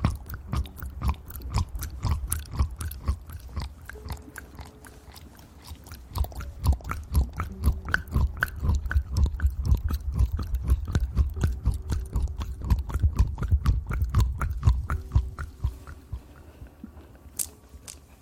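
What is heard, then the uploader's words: Fast, crisp mouth sounds of eating and licking, a dense run of clicks and wet smacks repeating several times per second across all 18 seconds. A low steady rumble sits underneath, and brief faint tones surface now and then between bites. ASMR Fast Ear Eating & Licking.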